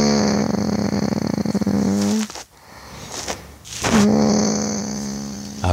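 An adult woman, a man's wife, snoring while asleep: loud, buzzing snores lasting a few seconds each, separated by quieter breaths in between.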